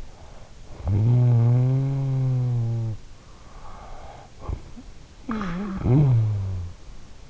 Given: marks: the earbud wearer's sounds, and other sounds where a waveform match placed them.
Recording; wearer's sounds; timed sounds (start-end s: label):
sounds in sleep by an in-ear microphone; snoring breath
0.56-7.30 s: snoring breath